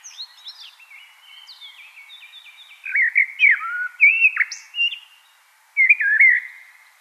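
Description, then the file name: Common blackbird: soft, thin stepped high notes, then a warbled fluted phrase with squeaky high notes, a short pause and a second phrase. "Turdus merula"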